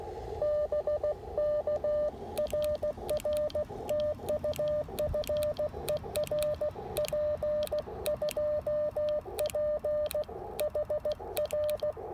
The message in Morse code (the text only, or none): BK RR TU FER P2P HR